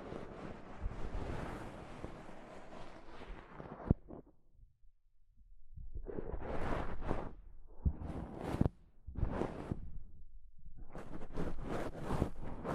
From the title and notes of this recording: ASMR Mic Brushing using Soft Fabric (No Talking).